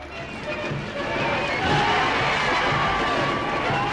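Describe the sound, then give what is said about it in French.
A large crowd in London cheers and applauds Prime Minister Neville Chamberlain on his return in 1938, a dense, steady roar that swells after the first second and holds loud, with a murmur of many voices mixed in. “À son retour à Londres, Neville Chamberlain, le Premier ministre, est ovationné par la foule reconnaissante.”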